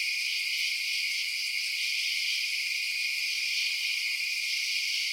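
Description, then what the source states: Insects: a steady chorus of many insects, high buzzy trills merging into one continuous shimmer. Night insect ambience outdoors at night.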